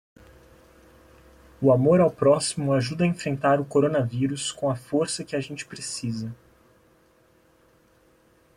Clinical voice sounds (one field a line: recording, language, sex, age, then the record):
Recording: spoken sentence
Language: Brazilian Portuguese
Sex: male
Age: 20 to 29 years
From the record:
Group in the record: control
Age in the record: 23 years